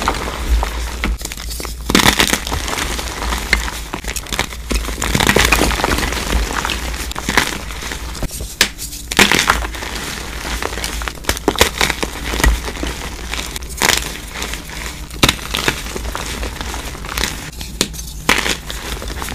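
Crushing and crumpling sounds run continuously for the whole stretch, a dense crackling texture with sharp, bright crunches every second or two. Louder bursts stand out near 2, 5, 9 and 18 seconds, and a steady low hum sits underneath throughout.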